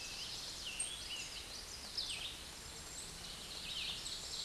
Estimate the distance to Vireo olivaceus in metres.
about 25 m